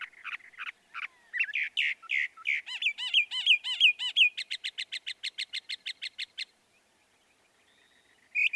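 Northern mockingbird song: a rapid run of varied phrases, then a long series of repeated arched notes and quick repeated notes, a pause, and a new phrase starting at the end.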